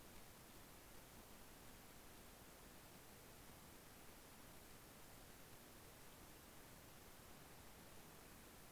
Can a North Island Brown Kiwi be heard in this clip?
no